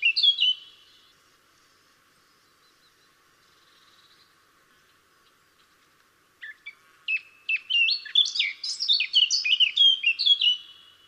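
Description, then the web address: Eurasian blackcap song: a short warbled phrase at the start, then a long silence, then a fast, rich warble of varied high notes from about six seconds on. "SETE data Sylvia atricapilla"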